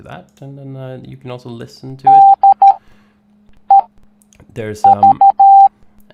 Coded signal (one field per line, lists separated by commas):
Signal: Morse code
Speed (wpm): 13 wpm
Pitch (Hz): 790 Hz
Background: speech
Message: D E V